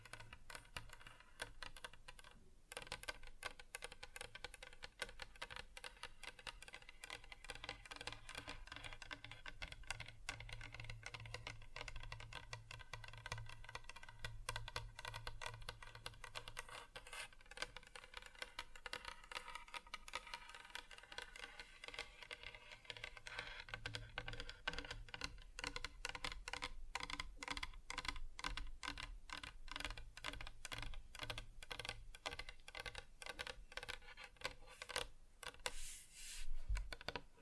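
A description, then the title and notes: Fingers tap across different surfaces in a quick, continuous patter of light clicks, much like typing on a keyboard. The tapping stays dense and fairly even for the whole stretch, with a soft low rumble underneath and a sharper burst of taps near the end. ASMR Just Tapping (Different Surfaces No Talking).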